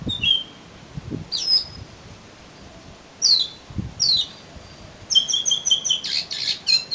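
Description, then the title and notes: Oriental magpie-robin song: clear high whistled phrases separated by pauses, ending in a fast run of varied chirps and rattles; low thumps underneath. "suara kacer. kumpulan suara burung kacer"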